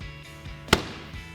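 The top edge of a plastic bumper cover on a 2015-2022 Mustang is pushed into the retaining clips on the fender, over a steady tonal background. One sharp, loud, broadband pop at 0.7 s marks the bumper cover seating into the fender clips.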